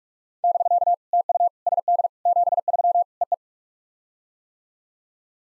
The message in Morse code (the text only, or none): <BK> TU SD 73 EE